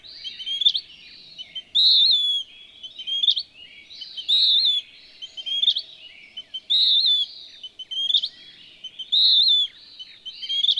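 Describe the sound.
Western wood-pewee repeating its burry song: harsh slurred notes roughly every two and a half seconds, with short chips between.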